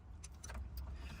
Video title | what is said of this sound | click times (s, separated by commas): Dual Camera Kit Install — Toyota Hilux 2016–2020 - Factory Screen - AutoChimp | there you go there's the bottom one that will click in as well just a bit tight | 0.4 s